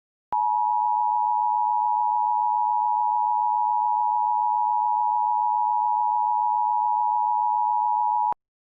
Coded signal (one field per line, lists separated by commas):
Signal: Emergency Alert System (SAME) tones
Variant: 853 and 960 Hz attention tone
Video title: EAS - Traffic Nightmare 2 (Part 1)